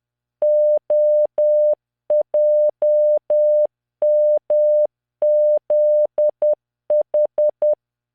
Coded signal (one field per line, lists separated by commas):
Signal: Morse code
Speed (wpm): 10 wpm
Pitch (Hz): 600 Hz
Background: none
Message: OJMZH